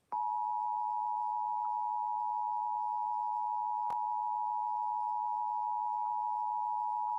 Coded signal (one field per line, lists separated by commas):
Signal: Emergency Alert System (SAME) tones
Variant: 853 and 960 Hz attention tone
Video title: EAS Severe T’storm Warning #49 3/14/25 (Credit Goes To @SouthernPennsylvaniaWX & @KanawhaCountyWX)